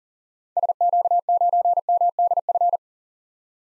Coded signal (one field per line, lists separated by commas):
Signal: Morse code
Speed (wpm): 40 wpm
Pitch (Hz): 700 Hz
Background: none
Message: SQ9MDF